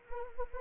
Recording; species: mosquito wingbeat signal from an infrared sensor; Anopheles arabiensis